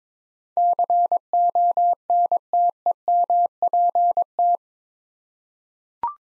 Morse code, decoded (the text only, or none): CONTEMPT